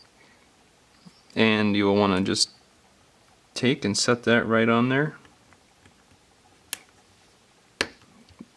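During a Motorola Luge smartphone screen replacement, a plastic housing part is set onto the phone body and pressed down until it snaps in. Someone talks, then after a quiet stretch two sharp clicks are heard at 6.7 s and 7.8 s as the part seats in place.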